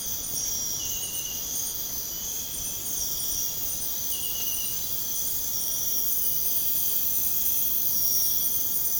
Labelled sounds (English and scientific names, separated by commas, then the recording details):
none
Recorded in pastures near Puerto Asís, Putumayo, Colombia, on 29 June 2025 at 04:00
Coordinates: 0.496, -76.326
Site GP01